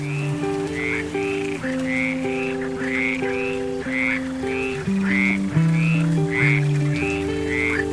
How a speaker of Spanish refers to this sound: Canta la rana debajo del agua. Sueña con ser una rana y cantar.